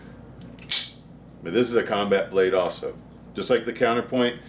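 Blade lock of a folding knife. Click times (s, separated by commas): 0.7 s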